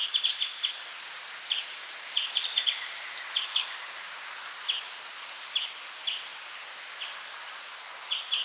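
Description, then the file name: European greenfinch calls: short bright chirps, often in quick doubles or triples, repeated at irregular intervals over a steady background hiss. "Chloris chloris"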